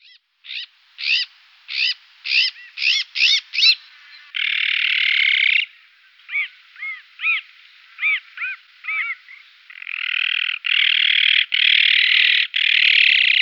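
Azure-winged magpie calls: a quick run of short arched upward notes, then long harsh rasping buzzes, followed by more arched notes and further drawn-out scratchy buzzes.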